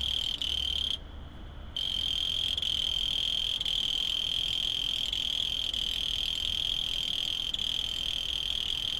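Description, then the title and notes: Cricket trilling continuously at high pitch, breaking off briefly early on. Field recordings made in Tavira, Tangier, Lima and Bhubaneswar. "ACA - Grabaciones de campo. Grillo 2. grabaciones hechas en tavira, tangier, lima, bhubanshwar"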